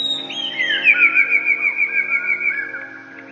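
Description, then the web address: Eurasian blue tit song: a bright rapid trill of many evenly spaced notes, slowly fading, with a constant low hum behind. Song (śpiew). "wroblowe teka spiew. wroblowe teka modraszkoteka"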